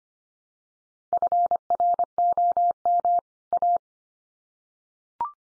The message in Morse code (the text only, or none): FROM A